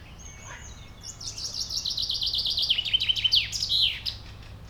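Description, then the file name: Common chaffinch singing a quick descending series of sharp notes for about three seconds, closing with a brief flourish; a thin whistle comes before it. "Fringilla coelebs"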